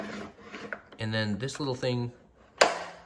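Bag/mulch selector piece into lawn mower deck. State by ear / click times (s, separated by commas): seated / 2.6 s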